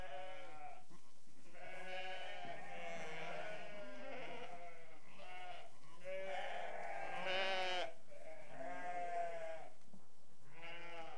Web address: BBC Sound Effects Library BBC Animals and Birds Sheep Restless